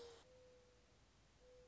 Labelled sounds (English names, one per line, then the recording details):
Mourning Dove
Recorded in Sonoma County, California